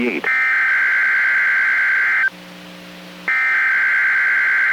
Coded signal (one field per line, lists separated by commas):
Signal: Emergency Alert System (SAME) tones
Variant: header bursts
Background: speech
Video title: A Compilation Of Eas Alerts From 1/10/2020: EAS 1 Through 12